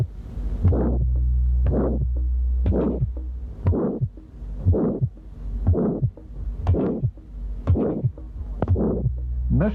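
Regular heartbeat at about 60 beats a minute, each beat followed by a harsh, diamond-shaped (crescendo-decrescendo) systolic ejection murmur that ends before a normal second sound. Aortic stenosis in an adult, heard by stethoscope at the second right intercostal space.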